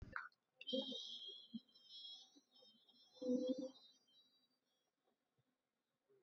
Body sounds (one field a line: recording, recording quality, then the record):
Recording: sustained vowel as in beet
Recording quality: poor, much background noise or distortion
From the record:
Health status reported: COVID-19 positive, mild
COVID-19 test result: positive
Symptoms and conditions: cold, fever, muscle pain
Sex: female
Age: 19 years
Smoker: no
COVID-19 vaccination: one dose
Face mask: not worn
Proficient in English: yes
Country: India